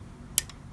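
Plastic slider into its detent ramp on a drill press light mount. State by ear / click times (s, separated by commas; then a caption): seated / 0.4 s. A 3D-printed plastic sliding part on a drill press light mount is pushed along its track, with its threaded stops backed off, until it rides over a small detent ramp. A sharp click is heard at 0.4 s, followed by a fainter tick at 0.5 s. The slider is seated in its detent.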